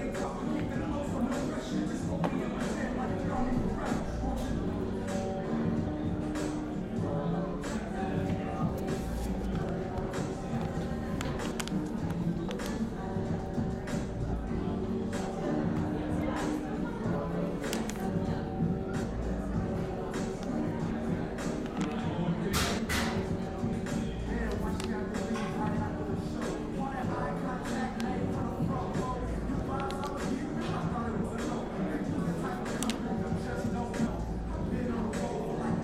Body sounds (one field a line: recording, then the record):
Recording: background sound without coughing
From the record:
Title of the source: 60 minutes of coffee shop sounds for study and concentration